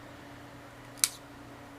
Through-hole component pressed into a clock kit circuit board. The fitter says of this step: which i just heard it snap a little when i did that which meant it wasn't 100 seated so now it is i can finish soldering this one